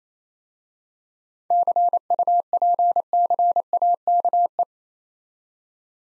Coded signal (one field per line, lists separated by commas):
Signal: Morse code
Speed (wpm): 29 wpm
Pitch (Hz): 700 Hz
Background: none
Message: CUPCAKE